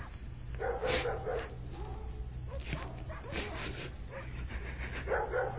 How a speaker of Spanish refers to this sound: y al quedar libre, oyó cómo por todas partes ladraban los perros.